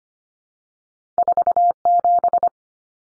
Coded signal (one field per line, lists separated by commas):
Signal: Morse code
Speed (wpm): 25 wpm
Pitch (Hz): 700 Hz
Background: none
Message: 47